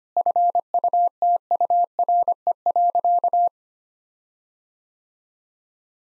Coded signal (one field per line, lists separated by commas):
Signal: Morse code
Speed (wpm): 25 wpm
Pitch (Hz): 700 Hz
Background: none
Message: FUTURE.